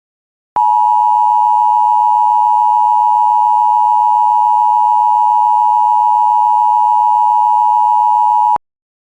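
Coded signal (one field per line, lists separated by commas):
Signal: Emergency Alert System (SAME) tones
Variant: 853 and 960 Hz attention tone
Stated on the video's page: Severe Thunderstorm Warning EAS alert audio logged from WJON IP radio stream.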